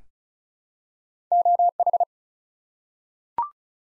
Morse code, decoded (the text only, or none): OH